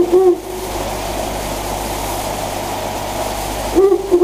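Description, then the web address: Owl with a low hoot at the start and another near the end, separated by steady background noise. "sikioto. fukurou"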